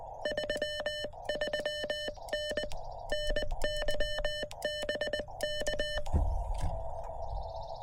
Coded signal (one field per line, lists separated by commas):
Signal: Morse code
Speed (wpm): 20 wpm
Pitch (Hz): 3000 Hz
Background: none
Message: 33N NY BK